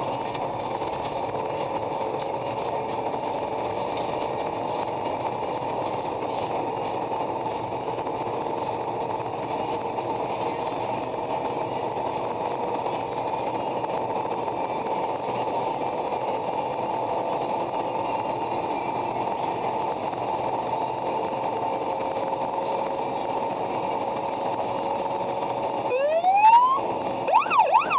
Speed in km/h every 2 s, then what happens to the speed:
112, 118, 122, 125, 127, 129, 131, 133, 137, 140, 144, 148, 151, 153.
0-28 speeds up to 153.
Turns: none.